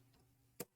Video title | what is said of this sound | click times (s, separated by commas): Dell Optiplex 3050 - M.2 drive and RAM install to make things fly! | That slides into lock into place. | 0.6 s